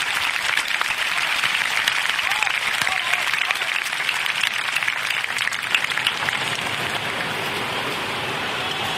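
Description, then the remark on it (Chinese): A large crowd at the 2011 candlelight vigil for the 22nd anniversary of June 4 in Victoria Park, Causeway Bay, Hong Kong, applauds steadily, countless hand claps blending into a dense, hissing roar that holds at an even loudness for the whole stretch, with no voices standing out. “希望让谂住嚟参与烛光集会嘅市民可以进入到嚟维园，我哋俾啲掌声自己，好唔好啊？”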